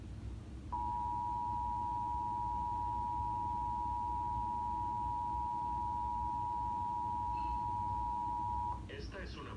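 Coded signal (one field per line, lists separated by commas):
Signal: Emergency Alert System (SAME) tones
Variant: 853 and 960 Hz attention tone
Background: speech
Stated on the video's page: National EAS test relayed in English and Spanish by FM and TV broadcast stations; some relays repeated the SAME headers up to three times.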